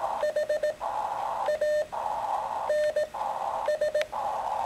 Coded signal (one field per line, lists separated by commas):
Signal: Morse code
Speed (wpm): 18 wpm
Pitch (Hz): 600 Hz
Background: none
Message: HANS